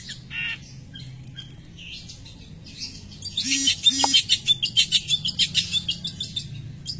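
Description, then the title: Long-tailed shrike song: quiet at first, then a burst of rapid, scratchy high chattering notes from about halfway, with two short low hums in between. "Cendet"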